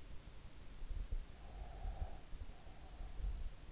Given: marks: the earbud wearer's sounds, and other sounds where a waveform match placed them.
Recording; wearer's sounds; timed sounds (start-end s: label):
sounds in sleep by an in-ear microphone; breath
1.58-3.56 s: breath